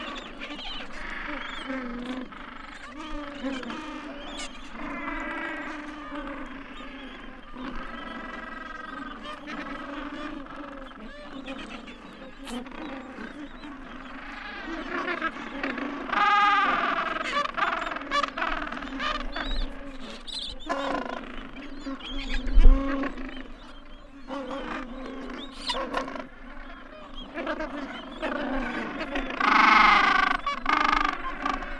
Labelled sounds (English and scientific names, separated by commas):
Gentoo Penguin (Pygoscelis papua) call